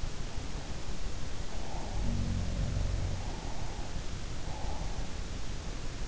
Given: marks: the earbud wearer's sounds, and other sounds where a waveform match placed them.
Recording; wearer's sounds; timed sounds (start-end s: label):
sounds in sleep by an in-ear microphone; breath
0.26-2.22 s: breath
1.81-3.52 s: sound from someone else or the room
3.19-5.26 s: breath